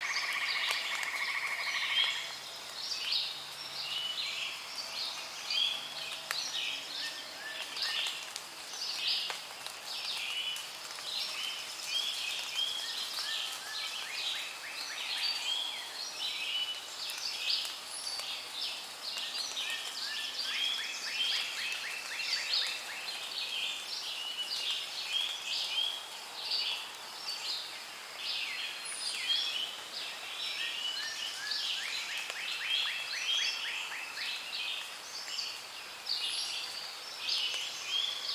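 Frogs and crickets keep up a dense, steady chorus of bright chirps and rapid trills for the whole stretch, calls overlapping without pause. A clear ringing chime tone sounds at the very start, and a faint low hum sits underneath.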